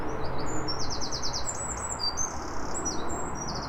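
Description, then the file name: Eurasian wren singing a rapid, high-pitched run of trills and sharp twittering notes over a strong low rumble. "Troglodytes troglodytes"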